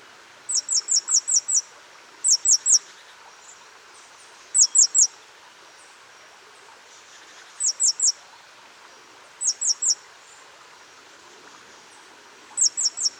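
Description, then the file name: Great tit calls: bursts of three to five very high, thin, falling notes, repeated every few seconds over a soft hiss. "Parus major"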